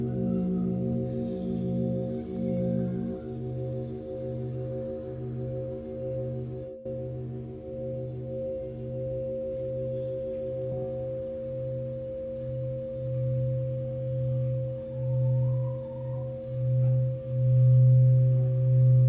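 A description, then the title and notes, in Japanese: A singing bowl rings on in sustained, layered tones, with several steady pitches stacked together. A low pulsing throb beats regularly underneath, growing louder and thicker toward the end. A brief dropout occurs near the seven-second mark. メキシコから シンギングボウルのサウンドヒーリング。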